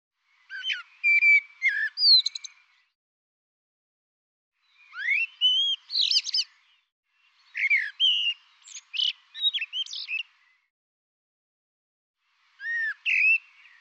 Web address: cianscape birddata Deverinetal 2025 Bird Tu Me Tu Me